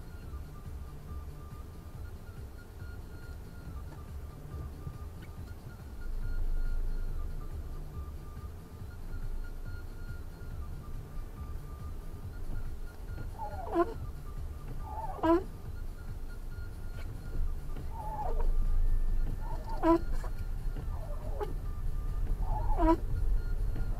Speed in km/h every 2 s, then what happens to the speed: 0, 0, 1, 2, 2, 5, 4, 5, 7, 13, 15, 23.
0-8 standing. 8-15 steady at about 4. 15-24 speeds up to 23.